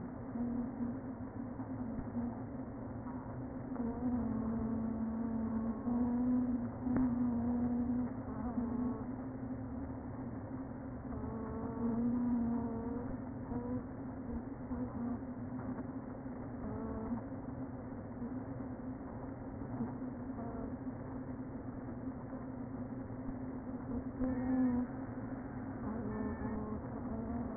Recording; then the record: honeybee colony, microphone inside the hive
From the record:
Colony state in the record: queen present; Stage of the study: before two queens were removed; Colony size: about 60,000 bees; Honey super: yes